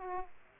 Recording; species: mosquito wingbeat signal from an infrared sensor; Aedes aegypti